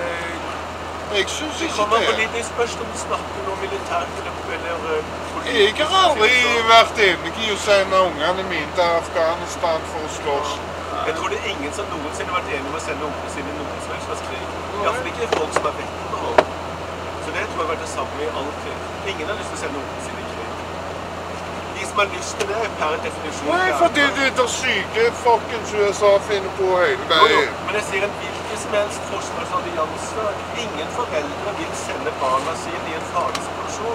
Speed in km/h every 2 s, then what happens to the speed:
73, 73, 74, 74, 73, 74, 73, 74, 76, 76, 77, 78, 78, 78, 79, 79, 79.
0-34 steady at about 76.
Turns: none.